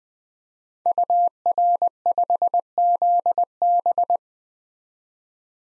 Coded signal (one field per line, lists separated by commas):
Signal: Morse code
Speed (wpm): 20 wpm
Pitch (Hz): 700 Hz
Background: none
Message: UR5ZB